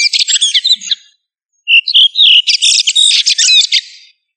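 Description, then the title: Thrush singing, a jumbled run of fast high notes, then a pause and a few pure whistled notes leading into another dense, twittering phrase. "Familia Turdidae - Sabia"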